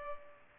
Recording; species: mosquito wingbeat signal from an infrared sensor; Culex pipiens